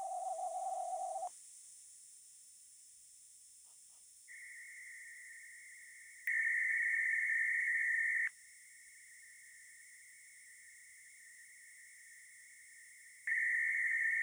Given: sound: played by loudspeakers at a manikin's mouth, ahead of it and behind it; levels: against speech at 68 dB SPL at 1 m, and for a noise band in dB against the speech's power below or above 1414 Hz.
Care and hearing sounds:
test signals for a remote microphone
0.00-1.27 s: noise band at 707 Hz, -13 dB
4.27-6.27 s: noise band at 2000 Hz, -13 dB
6.27-8.27 s: noise band at 2000 Hz, +22 dB
8.27-13.27 s: noise band at 2000 Hz, -13 dB
13.27-14.23 s: noise band at 2000 Hz, +22 dB
From the record:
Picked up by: remote microphone C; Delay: 23 ms

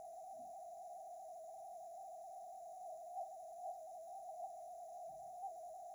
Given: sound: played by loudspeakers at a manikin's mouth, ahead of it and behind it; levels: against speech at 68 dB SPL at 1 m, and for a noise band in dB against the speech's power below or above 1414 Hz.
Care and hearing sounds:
test signals for a remote microphone
0.00-5.95 s: noise band at 707 Hz, as loud as that band is in speech
From the record:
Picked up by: remote microphone A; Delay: 47 ms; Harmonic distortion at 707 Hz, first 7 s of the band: under -40 dB

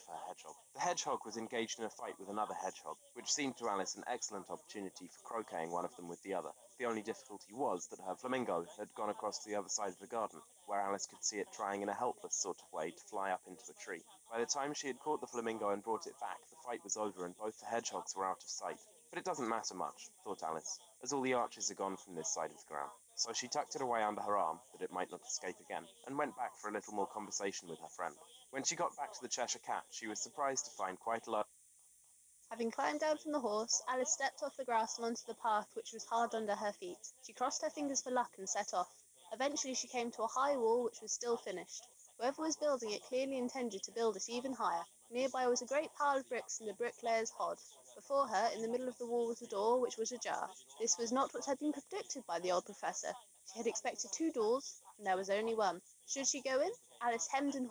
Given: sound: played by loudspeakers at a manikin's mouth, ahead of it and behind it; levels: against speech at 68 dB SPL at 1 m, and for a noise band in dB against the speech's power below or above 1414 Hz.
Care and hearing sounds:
test signals for a remote microphone
0.00-31.42 s: man speaking, babble ahead at +6 dB SNR for speech at 1 m
32.42-57.71 s: woman speaking, babble ahead at +6 dB SNR for speech at 1 m
From the record:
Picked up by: remote microphone D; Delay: 24 ms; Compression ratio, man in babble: 1.14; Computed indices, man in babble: HASPI 0.996, HASQI 0.277 (non-linear 0.318, linear 0.872), ESTOI 0.748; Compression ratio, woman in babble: 1.06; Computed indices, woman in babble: HASPI 0.873, HASQI 0.329 (non-linear 0.380, linear 0.865), ESTOI 0.825

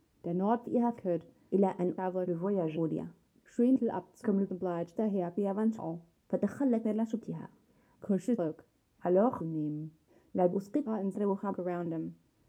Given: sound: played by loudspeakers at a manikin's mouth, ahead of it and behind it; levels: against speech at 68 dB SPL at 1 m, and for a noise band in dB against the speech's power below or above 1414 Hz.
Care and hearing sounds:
test signals for a remote microphone
0.00-12.49 s: speech test signal (ISTS)
From the record:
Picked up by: measurement microphone

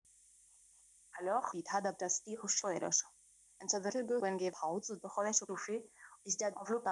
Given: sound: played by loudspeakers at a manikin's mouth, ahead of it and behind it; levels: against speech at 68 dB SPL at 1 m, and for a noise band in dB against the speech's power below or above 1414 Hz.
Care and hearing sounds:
test signals for a remote microphone
1.10-6.91 s: speech test signal (ISTS)
From the record:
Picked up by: remote microphone C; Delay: 23 ms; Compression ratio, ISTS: 1.61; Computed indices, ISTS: SII 0.995, HASPI 0.979, HASQI 0.323 (non-linear 0.389, linear 0.829), ESTOI 0.816

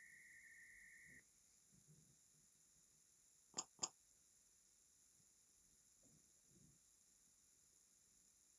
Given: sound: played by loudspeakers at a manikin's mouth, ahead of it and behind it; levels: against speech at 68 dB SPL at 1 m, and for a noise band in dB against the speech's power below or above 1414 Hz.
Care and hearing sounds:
test signals for a remote microphone
0.00-1.19 s: noise band at 2000 Hz, -13 dB
3.57 s: click
3.82 s: click
From the record:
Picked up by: remote microphone A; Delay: 47 ms

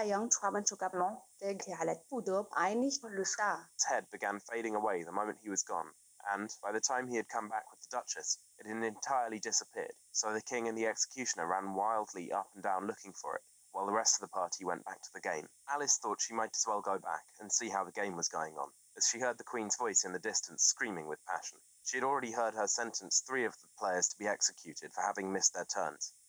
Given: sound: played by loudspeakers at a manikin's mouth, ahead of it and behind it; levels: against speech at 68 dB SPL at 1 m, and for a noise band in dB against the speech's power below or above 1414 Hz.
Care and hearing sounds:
test signals for a remote microphone
0.00-3.78 s: speech test signal (ISTS)
3.78-26.28 s: man speaking
From the record:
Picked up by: remote microphone C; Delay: 23 ms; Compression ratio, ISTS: 1.61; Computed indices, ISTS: SII 0.995, HASPI 0.979, HASQI 0.323 (non-linear 0.389, linear 0.829), ESTOI 0.816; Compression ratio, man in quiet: 1.79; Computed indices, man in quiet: SII 0.993, HASPI 0.992, HASQI 0.254 (non-linear 0.305, linear 0.832), ESTOI 0.734

